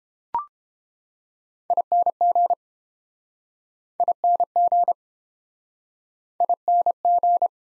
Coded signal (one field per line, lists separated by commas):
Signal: Morse code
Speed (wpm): 32 wpm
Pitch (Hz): 700 Hz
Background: none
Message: ING ING ING